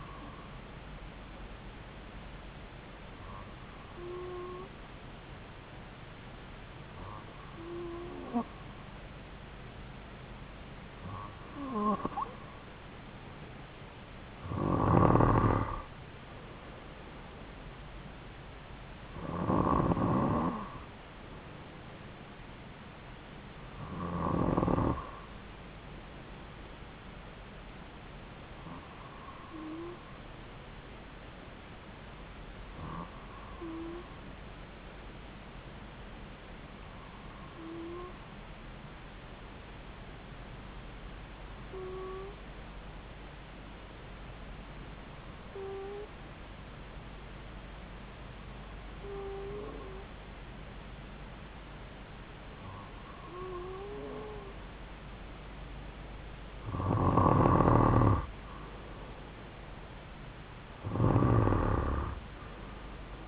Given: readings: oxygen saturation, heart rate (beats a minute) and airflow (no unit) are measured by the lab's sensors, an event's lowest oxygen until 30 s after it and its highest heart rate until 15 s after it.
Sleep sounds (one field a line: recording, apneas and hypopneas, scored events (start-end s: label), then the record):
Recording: breathing in sleep by a voice recorder at the bedside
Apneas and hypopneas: 1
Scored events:
36.00-58.50 s: hypopnea (N2, oxygen 95% highest, then 92% lowest)
From the record:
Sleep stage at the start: N2 (light sleep)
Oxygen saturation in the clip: 93 to 95%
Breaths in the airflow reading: 16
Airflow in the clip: -4.5 to 3.7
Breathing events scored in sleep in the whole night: 270 in 6.1 hours asleep